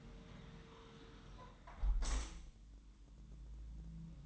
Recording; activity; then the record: daily activity, microphone in the room; close window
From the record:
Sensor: 3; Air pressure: 999.9 hPa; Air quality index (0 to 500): 223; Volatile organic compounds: 89 ppm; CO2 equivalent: 3676 ppm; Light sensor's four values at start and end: 10/23/9/9 and 9/22/9/9